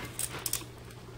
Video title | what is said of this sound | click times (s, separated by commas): Eric: BB gun review | wanna pull it down till you hear this click. | 0.5 s